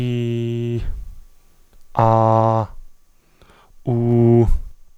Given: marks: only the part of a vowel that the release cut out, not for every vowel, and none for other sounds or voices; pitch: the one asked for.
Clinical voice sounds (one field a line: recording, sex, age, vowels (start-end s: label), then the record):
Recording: sustained vowels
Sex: male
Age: 20 to 29 years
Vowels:
0.00-0.73 s: vowel /i/, normal pitch
2.02-2.57 s: vowel /a/, normal pitch
3.92-4.42 s: vowel /u/, normal pitch
From the record:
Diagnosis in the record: stuttering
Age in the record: 28 years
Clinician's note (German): Strobosk. o. B.